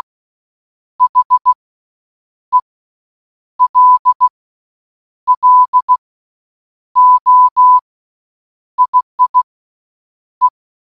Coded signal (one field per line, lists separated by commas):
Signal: Morse code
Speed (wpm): 16 wpm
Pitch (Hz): 1000 Hz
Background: none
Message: HELLO II E